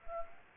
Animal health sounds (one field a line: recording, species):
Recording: mosquito wingbeat signal from an infrared sensor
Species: Anopheles gambiae